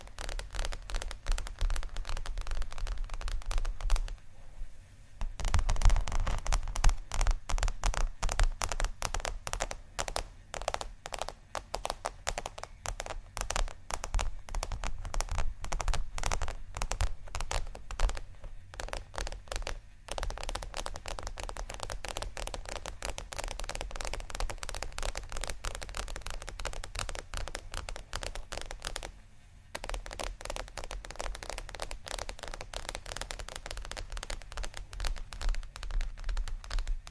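Dense, rapid scratching and tapping crackles almost nonstop, loudest around five to eight seconds, with brief pauses near five and twenty-nine seconds.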